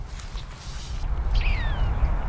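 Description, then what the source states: Golden-crowned sparrow song: a single clear whistled note that rises briefly, then slides steadily downward, over a heavy low rumble of wind or traffic. Recorded in January 2014.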